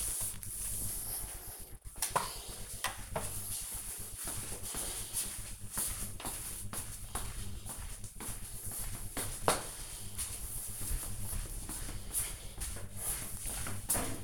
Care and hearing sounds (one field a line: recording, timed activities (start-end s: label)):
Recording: household activities, microphone on the right wrist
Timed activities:
0.00-1.30 s: floor cleaning